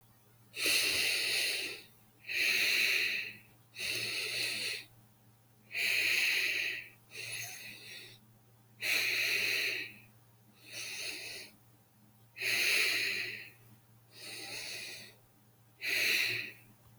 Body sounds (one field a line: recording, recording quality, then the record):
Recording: deep breathing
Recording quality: excellent, no background noise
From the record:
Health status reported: healthy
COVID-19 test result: negative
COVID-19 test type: RT-PCR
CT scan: not taken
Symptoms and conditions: none ticked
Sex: female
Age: 21 years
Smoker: no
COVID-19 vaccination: one dose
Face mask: not worn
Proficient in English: yes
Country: India